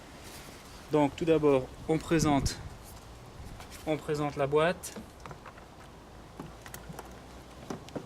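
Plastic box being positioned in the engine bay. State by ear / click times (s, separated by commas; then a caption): not seated / none. In the engine bay of a Peugeot 208 during a coolant change, a plastic box is offered up and lined up into position before being clipped in, while someone talks. Small handling knocks follow at about 5.3, 6.7, 7.0 and 7.9 seconds. Nothing has seated or clicked yet.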